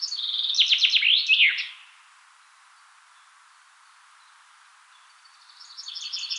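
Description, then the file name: Common chaffinch song: a rapid descending rattle of bright notes ending in a flourish, with a second fainter phrase starting near the end. "Fringilla coelebs"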